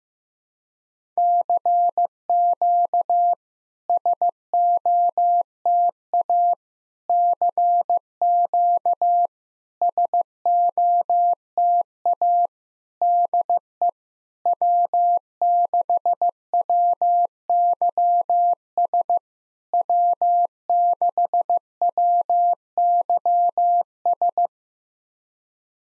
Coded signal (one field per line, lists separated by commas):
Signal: Morse code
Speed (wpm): 16 wpm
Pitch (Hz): 700 Hz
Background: none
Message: CQ SOTA CQ SOTA DE W6WYS W6WYS